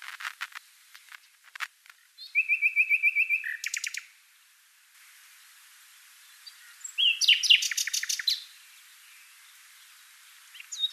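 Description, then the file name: Common nightingale song: clicks, then a rapid rattling series of repeated notes, a pause, and another loud burst of quick repeated notes. "Luscinia megarhynchos"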